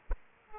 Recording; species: mosquito wingbeat signal from an infrared sensor; Aedes aegypti